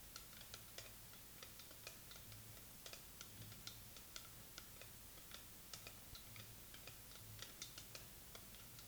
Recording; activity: daily activity, guitar pickup as the sensor; fry